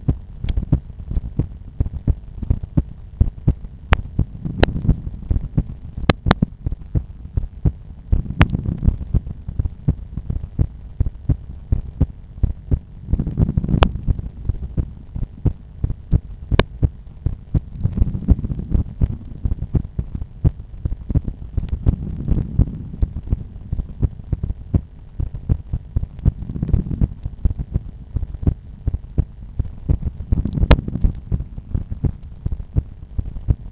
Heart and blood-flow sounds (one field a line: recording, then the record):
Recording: heart sounds by stethoscope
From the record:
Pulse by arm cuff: 83 bpm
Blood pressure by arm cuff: 133/90 mmHg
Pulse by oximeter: 89 bpm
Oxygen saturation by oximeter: 99%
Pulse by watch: 86 bpm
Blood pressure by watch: 114/75 mmHg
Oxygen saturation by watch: 97%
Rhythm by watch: sinus rhythm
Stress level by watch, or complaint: low stress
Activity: after 5 min smoking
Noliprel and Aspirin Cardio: no pills today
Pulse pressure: 43 mmHg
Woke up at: 7:00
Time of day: 8:30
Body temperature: 36.6 C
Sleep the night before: 8 h 5 min, score 54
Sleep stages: REM 28%, light 57%, deep 5%, awake 10%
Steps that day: 9800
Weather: cloudy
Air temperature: 15.9 C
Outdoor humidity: 92%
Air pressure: 1011 hPa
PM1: 5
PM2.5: 8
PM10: 10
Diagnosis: hypertension, treated with Noliprel and Aspirin Cardio 100 mg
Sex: male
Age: 53 years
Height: 174 cm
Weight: 81 kg